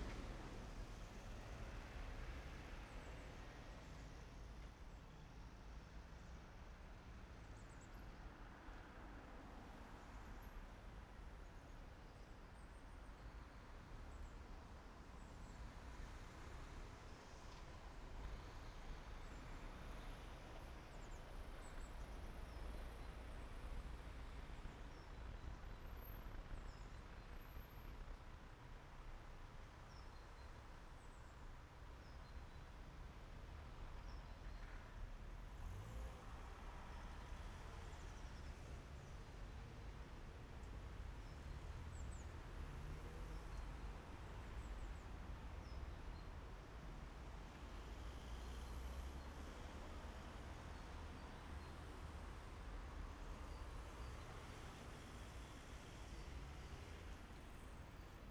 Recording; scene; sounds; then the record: everyday scene through a hearing-aid microphone; in traffic; traffic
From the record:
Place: main city hub, rush hour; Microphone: behind the ear, right, front